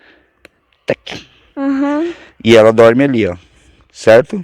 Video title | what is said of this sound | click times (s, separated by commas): COMO ATIRAR COM ARCO E FLECHAS- TUTORIAL - GUIA PARA INICIANTES #3 SOBREVIVENCIALISMO | ela vai encaixar aqui ó vai fazer um clique escuta | 0.5 s